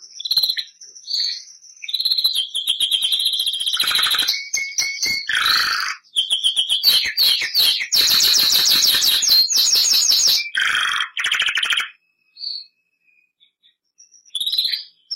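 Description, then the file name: Canary (Bernois): canary song, a varied run of rapid trills, rolling phrases and buzzy bursts changing every second or two, then a short quiet gap and a few soft notes. Bernois canary breed. "canto do canario bernois"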